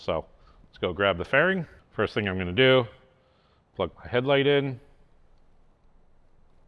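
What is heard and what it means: A man talks while handling the headlight wiring plug for the headlight's plastic connector in the front fairing of a 2010–2023 Harley-Davidson Touring motorcycle. No click is heard, and the plug has not seated in the connector yet.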